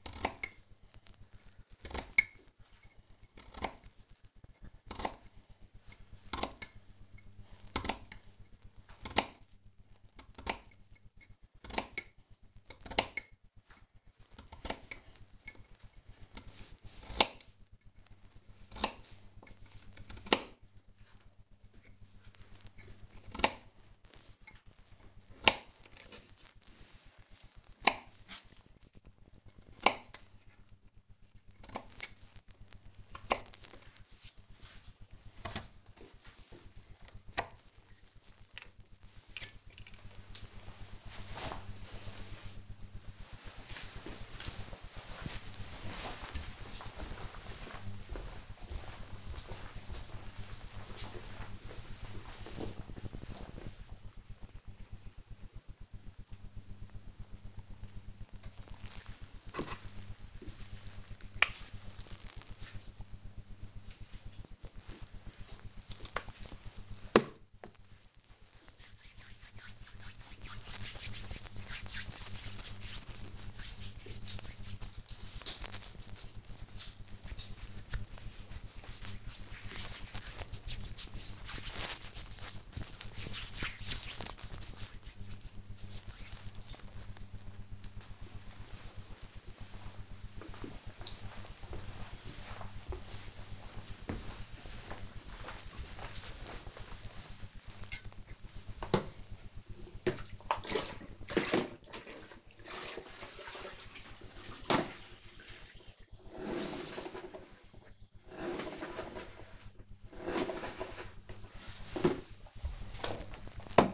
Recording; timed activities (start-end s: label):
household activities, microphone on the right wrist
0.00-39.97 s: cutting vegetables
58.10-86.34 s: cream hands
96.43-113.94 s: floor cleaning